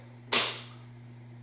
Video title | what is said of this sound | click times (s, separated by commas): Hoover Air Cordless 3.0 Troubleshooting and Maintenance | should click in, and there you go. | 0.3 s